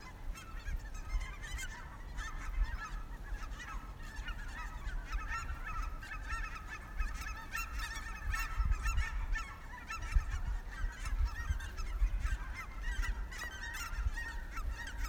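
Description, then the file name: Bird calls: many overlapping nasal honking notes from several birds, over loud low rumbling background noise throughout. Recorded 3 March 2019, around 15:14. "20190303 151421"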